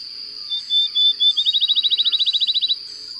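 Bird song: a few slurred whistled notes, then a fast even trill, over a steady high-pitched tone throughout.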